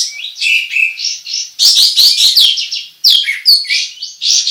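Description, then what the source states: Sooty-headed Bulbul delivering a fast, lively song of whistled slurs and rattling chatter, with a short pause after about three seconds before resuming. Song described as gacor, meaning singing energetically and continuously.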